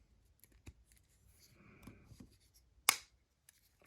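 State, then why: Seated. A magnetically attached part, likely the tail, is fitted onto the body of a custom-painted Marvel Legends Darkheart action figure during assembly. Faint handling taps and light rustling lead up to a single sharp magnetic snap at 2.9 s as the magnet pulls the part home and it seats.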